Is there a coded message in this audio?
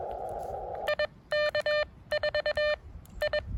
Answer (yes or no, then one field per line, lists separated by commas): yes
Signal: Morse code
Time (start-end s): 0.9-3.4 s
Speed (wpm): 21 wpm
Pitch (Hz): 600 Hz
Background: none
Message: IK4 I